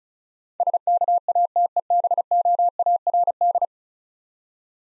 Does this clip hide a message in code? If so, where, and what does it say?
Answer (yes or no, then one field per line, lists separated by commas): yes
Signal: Morse code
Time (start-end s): 0.6-3.7 s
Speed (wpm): 36 wpm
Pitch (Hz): 700 Hz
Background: none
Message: SKATEBOARD